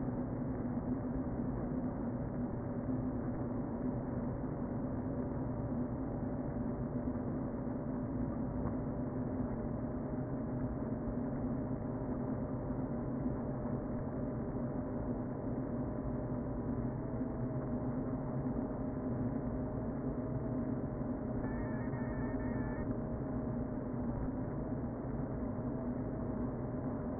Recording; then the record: honeybee colony, microphone inside the hive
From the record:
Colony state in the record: queen present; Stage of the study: before two queens were removed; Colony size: about 60,000 bees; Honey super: yes